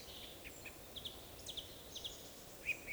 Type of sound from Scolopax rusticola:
whistle